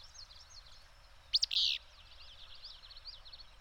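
Single bird phrase: a pair of crisp high clicks leading into a short grating buzz, while other birds twitter faintly before and after.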